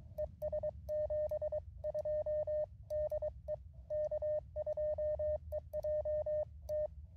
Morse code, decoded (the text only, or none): ES 72 DE K2EJT